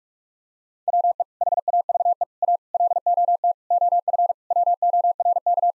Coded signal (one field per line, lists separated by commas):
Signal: Morse code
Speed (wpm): 46 wpm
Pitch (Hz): 700 Hz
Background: none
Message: WE HAVE A LOT OF WORK